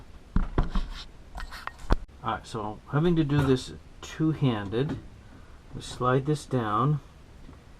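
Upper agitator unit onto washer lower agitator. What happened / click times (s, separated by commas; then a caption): Plastic part handled, not yet seated / none. In a Kenmore clothes washer, during an agitator dog replacement, the plastic upper agitator unit is handled two-handed and slid down onto the lower agitator, with sharp plastic knocks and taps between 0.4 and 1.9 seconds while someone talks. Nothing has seated or clicked into place yet; the tabs have not locked.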